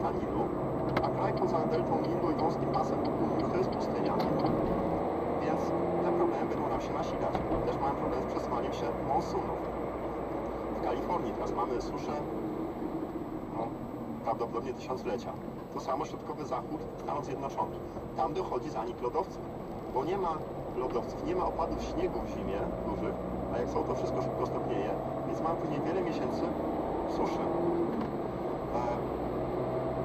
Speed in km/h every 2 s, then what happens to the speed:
43, 48, 55, 58, 56, 49, 35, 23, 22, 19, 25, 29, 34, 40, 43.
0-5 speeds up to 58. 7-18 brakes to 19. 18-30 speeds up to 43.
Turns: none.